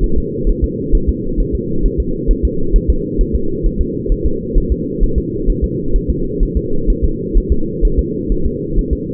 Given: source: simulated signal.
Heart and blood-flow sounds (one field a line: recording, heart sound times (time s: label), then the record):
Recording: fetal heart sounds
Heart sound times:
0.04 s: S1
0.18 s: S2
0.49 s: S1
0.64 s: S2
0.95 s: S1
1.09 s: S2
1.40 s: S1
1.55 s: S2
1.86 s: S1
2.00 s: S2
2.31 s: S1
2.45 s: S2
2.76 s: S1
2.90 s: S2
3.21 s: S1
3.35 s: S2
3.66 s: S1
3.81 s: S2
4.12 s: S1
4.26 s: S2
4.58 s: S1
4.72 s: S2
5.03 s: S1
5.18 s: S2
5.50 s: S1
5.64 s: S2
5.96 s: S1
6.10 s: S2
6.43 s: S1
6.57 s: S2
6.90 s: S1
7.05 s: S2
7.37 s: S1
7.52 s: S2
7.85 s: S1
7.99 s: S2
8.32 s: S1
8.46 s: S2
8.79 s: S1
8.93 s: S2
From the record:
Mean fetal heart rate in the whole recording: 130 bpm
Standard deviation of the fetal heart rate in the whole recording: 2 bpm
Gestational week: 38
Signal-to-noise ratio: -8.1 dB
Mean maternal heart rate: 72 bpm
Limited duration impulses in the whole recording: absent